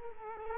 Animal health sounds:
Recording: mosquito wingbeat signal from an infrared sensor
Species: Culex quinquefasciatus

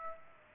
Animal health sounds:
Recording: mosquito wingbeat signal from an infrared sensor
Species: Aedes aegypti

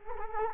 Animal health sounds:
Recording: mosquito wingbeat signal from an infrared sensor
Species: Culex quinquefasciatus

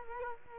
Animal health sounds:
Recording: mosquito wingbeat signal from an infrared sensor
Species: Culex quinquefasciatus

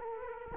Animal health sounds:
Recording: mosquito wingbeat signal from an infrared sensor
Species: Culex quinquefasciatus

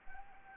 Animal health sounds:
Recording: mosquito wingbeat signal from an infrared sensor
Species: Anopheles arabiensis

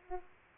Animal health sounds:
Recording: mosquito wingbeat signal from an infrared sensor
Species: Aedes aegypti

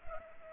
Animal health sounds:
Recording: mosquito wingbeat signal from an infrared sensor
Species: Culex pipiens

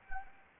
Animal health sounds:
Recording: mosquito wingbeat signal from an infrared sensor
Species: Anopheles arabiensis

